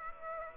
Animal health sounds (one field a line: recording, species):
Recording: mosquito wingbeat signal from an infrared sensor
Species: Aedes aegypti